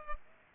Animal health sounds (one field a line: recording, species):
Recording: mosquito wingbeat signal from an infrared sensor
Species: Culex pipiens